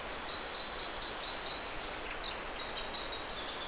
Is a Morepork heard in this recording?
no